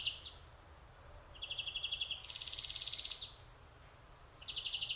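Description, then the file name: Greenfinch giving a long rapid trill that jumps higher midway, preceded and followed by shorter pulsed runs and a thin rising note. "Chloris chloris"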